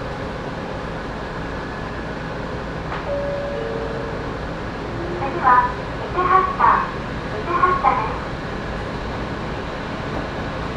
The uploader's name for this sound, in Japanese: 三岐鉄道三岐線 西藤原→北勢中央公園口